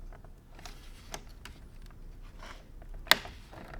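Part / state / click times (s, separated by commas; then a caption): side mirror glass into mirror housing mount / seated / 3.1 s. A replacement mirror glass is pressed onto its backing mount in a car's side-mirror housing, with cold weather raising a risk that the glass could crack. Faint creaks and small ticks lead up to one sharp, loud snap at 3.1 s as the glass seats in place.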